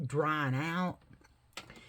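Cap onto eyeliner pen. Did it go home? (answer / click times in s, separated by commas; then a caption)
yes / 1.6 s. A plastic cap is pushed onto an eyeliner pen to seal it and keep it from drying out. Someone talks briefly, then the tight-fitting cap clicks as it seats at 1.6 s.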